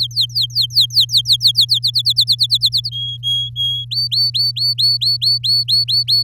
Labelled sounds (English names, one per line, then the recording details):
Domestic Canary song
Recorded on 8 May 2018 at 17:06
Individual llb16